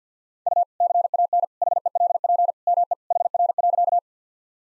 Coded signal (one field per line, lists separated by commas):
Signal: Morse code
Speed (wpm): 50 wpm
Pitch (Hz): 700 Hz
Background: none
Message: U CAN HELP ME HR.